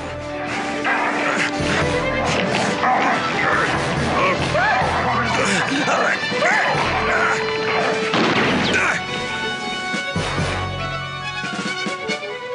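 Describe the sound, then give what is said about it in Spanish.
A chaotic attack by the dog Rinty: repeated loud crashes and smashing thuds pile up over about ten seconds, with scuffling and shouting voices mixed into the din before it trails off. “El perro intentó matarme.”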